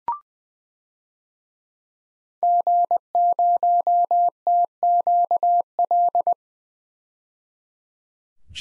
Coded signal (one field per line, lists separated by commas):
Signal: Morse code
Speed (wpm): 20 wpm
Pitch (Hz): 700 Hz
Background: none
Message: G0TQL